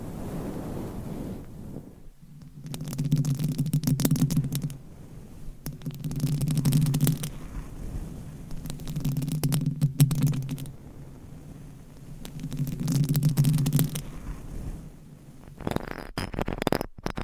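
Muffled rubbing swells into a low throbbing drone about every three seconds, flecked with crisp scratching clicks, ending in sharper taps.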